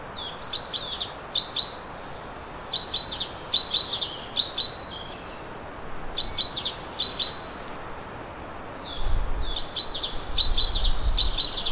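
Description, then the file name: Great tit calls: busy series of short high chirps and paired flat whistled notes, repeated in bursts with brief pauses, with faint low rumbling near the end. "Parus major"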